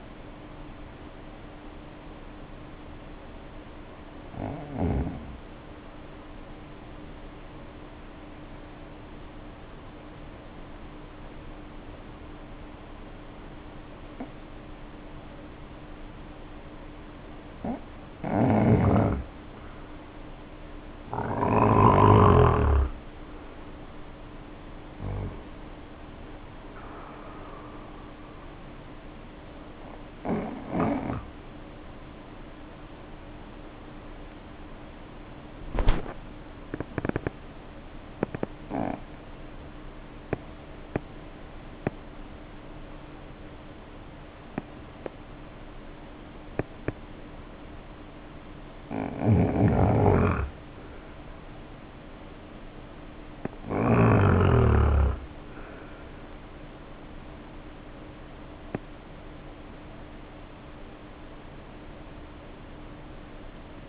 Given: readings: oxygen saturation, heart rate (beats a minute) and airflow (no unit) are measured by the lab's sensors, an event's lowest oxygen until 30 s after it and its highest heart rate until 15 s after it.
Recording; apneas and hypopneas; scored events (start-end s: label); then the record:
breathing in sleep by a voice recorder at the bedside; 2
8.00-20.50 s: obstructive apnea (N1, oxygen 96% highest, then 85% lowest, heart rate 56 at the start, 61 highest)
39.00-58.10 s: hypopnea (N1, oxygen 95% highest, then 89% lowest, heart rate 53 at the start, 59 highest)
From the record:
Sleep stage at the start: N1 (lightest sleep); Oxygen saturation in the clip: 85 to 96%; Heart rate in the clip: 51 to 61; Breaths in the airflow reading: 13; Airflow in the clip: -1.7 to 4.0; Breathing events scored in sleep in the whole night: 520 in 7.2 hours asleep